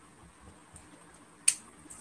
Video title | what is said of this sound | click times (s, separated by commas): BUILDING MINI 4WD IN MY ROOM! - Uni Mondays #2 | Yes, there's a click. | 1.5 s